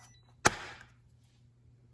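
A battery cover, made of plastic/metal, is put back onto the interior unit of a Schlage Encode WiFi smart deadbolt after the batteries are changed. A single sharp snap is heard at 0.5 s, followed by a brief bright ring that fades, with a faint tick at 0.8 s. The cover seats onto the lock.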